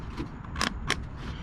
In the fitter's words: You can hear the clicking, and those are 1/4 inch increments.